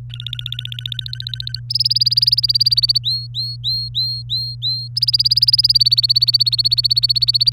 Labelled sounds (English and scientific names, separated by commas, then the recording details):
Domestic Canary (Serinus canaria) song
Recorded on 24 April 2018 at 17:19
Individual llb3